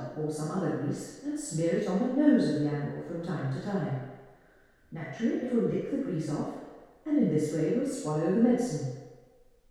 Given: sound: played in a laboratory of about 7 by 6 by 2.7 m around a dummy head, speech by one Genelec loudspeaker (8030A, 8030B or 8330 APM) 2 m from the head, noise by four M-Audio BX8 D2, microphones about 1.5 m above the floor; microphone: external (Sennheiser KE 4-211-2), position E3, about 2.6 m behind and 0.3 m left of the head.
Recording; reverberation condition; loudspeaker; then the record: female speech in English; high; 150 degrees to the right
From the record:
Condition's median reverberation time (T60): about 1300 ms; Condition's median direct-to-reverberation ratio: about -4.0 dB